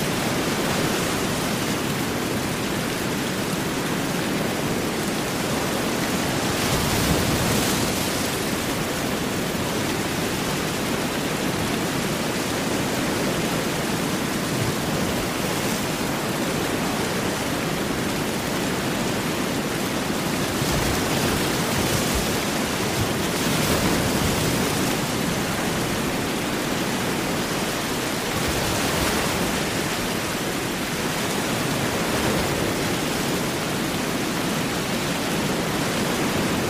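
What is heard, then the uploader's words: Steady rainstorm with a dense, even hiss filling the whole recording, strongest in the low-middle range. Brief brighter surges of heavier downpour come around 7, 21 and 29 seconds, while the overall loudness stays nearly constant throughout. Rainstorm Sounds White Noise.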